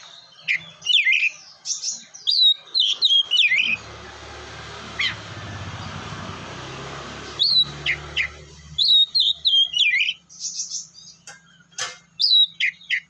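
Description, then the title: Oriental magpie-robin song of bright whistled notes and chirps, interrupted midway by several seconds of broad rumbling noise before the whistles resume. "kacer"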